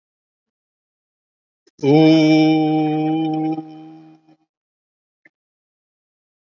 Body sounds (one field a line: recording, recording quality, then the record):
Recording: sustained vowel as in boot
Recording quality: excellent, no background noise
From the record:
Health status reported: COVID-19 positive, mild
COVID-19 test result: positive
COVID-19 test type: RT-PCR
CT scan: taken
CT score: 2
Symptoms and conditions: cough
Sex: male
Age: 60 years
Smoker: no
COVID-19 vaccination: both doses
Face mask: worn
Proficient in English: no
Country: India